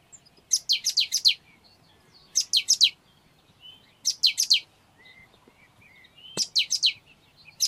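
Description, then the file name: Great tit calls in short bursts of four or five high, sharp descending notes, a burst roughly every two seconds. "Parus major"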